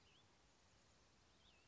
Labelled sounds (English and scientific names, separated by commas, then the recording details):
Cassin's Vireo (Vireo cassinii)
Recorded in Sonoma County, California